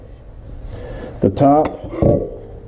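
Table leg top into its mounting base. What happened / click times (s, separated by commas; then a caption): The part is being handled and has not seated yet / none. The top mounting part of an ITC Sequoia RV table leg system is being handled toward its plastic base ring while someone talks. Only speech and faint handling noise are heard, and nothing has seated or clicked yet.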